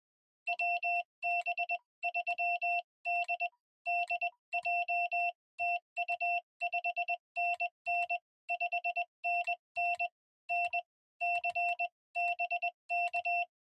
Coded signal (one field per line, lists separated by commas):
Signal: Morse code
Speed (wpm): 20 wpm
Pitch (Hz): 700 Hz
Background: none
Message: WB3DDJ TU 5NN 5NN N C BK